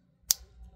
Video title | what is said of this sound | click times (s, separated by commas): Best Red Dot Sights for Preppers - Reviewing the @holosun 510C, 512C + @sigsauerinc Romeo5 | snaps right in no tools required as waterproof keeps everything out | 0.3 s